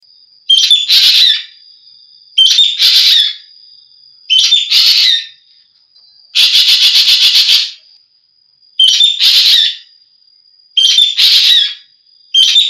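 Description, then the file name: Javan green magpie song: whistled notes with harsh rasps, repeated about every two seconds, and one longer buzzy rattling burst midway, over a faint steady high tone. Song variations. "variasi ekek geling omkicau"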